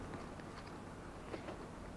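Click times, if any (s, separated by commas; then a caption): none. A clip is being hooked into small holes on a tactical vest panel to attach a front panel. Low, steady handling noise is heard, with a faint brief tap around 1.3 seconds. Nothing has seated or clicked yet.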